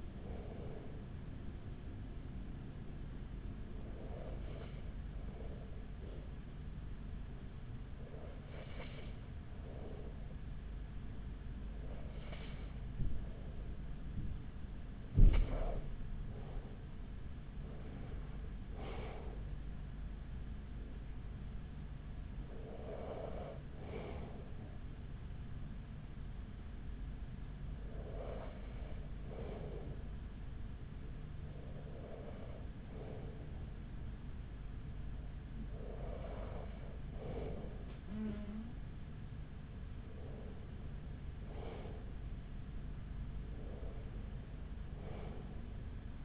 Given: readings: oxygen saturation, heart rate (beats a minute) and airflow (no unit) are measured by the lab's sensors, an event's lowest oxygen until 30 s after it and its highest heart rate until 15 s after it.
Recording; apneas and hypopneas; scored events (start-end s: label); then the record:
breathing in sleep by a smartphone at the bedside; 1
25.00-41.70 s: hypopnea (N1, oxygen 95% highest, then 94% lowest, heart rate 44 at the start, 46 highest)
27.00-46.25 s: new sleep stage, N2 (light sleep)
From the record:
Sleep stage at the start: N1 (lightest sleep); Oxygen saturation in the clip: 93 to 96%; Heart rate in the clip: 42 to 57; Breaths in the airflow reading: 12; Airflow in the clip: -6.6 to 5.6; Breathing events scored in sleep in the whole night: 207 in 7.6 hours asleep